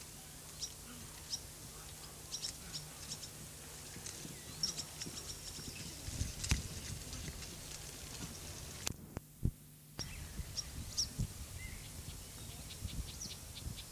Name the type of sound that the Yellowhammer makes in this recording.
song